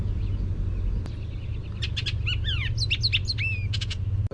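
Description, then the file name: Bullock's Oriole song: a burst of sharp whistled notes and slurred chatters over a steady low rumble of background noise. "BUOR song"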